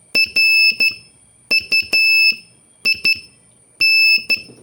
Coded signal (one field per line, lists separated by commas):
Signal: Morse code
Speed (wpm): 13 wpm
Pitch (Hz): 2650 Hz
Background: none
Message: RUIN